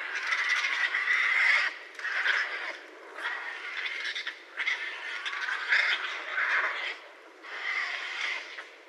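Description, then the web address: Raccoon churring: several rough, raspy bursts of varying length separated by short gaps. Recorded 30 January 2012. "sounds mammals Raccoon 2012 01 30 Raccoon"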